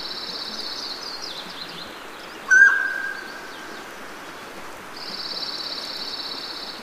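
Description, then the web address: Mountain quail giving a single sharp, ringing note that fades gradually, set against a steady high buzzing drone that stops and later resumes. "Songs of Birds of North America Know Your Bird Sounds Common Western Species. Mountain Quail"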